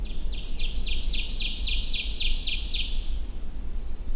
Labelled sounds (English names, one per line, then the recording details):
Ovenbird song
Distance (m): 20 m
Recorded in boreal forest in Alberta, Canada, on 21 June 2016 at 08:39
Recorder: SongMeter 3, array SBT-6-81
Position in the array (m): 63 m, 130 m
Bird 23